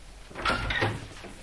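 A door swings open with a brief creaking squeal and a soft scraping rustle lasting about half a second, then only faint background noise remains.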